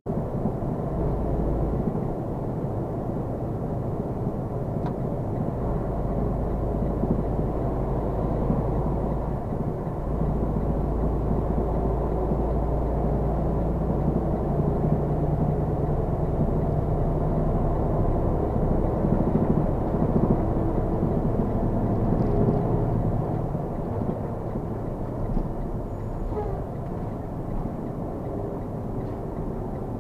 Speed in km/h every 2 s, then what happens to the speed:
40, 40, 39, 39, 40, 40, 42, 44, 45, 47, 47, 52, 45, 31, 26.
0-10 steady at about 40. 10-23 speeds up to 52. 23-30 brakes to 26.